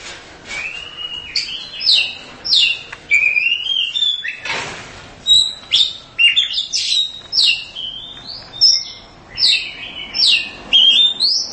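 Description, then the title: Oriental magpie-robin song: varied sequence of loud whistles and chirps in quick phrases, with a brief noisy rustle. "Kicau Kacer"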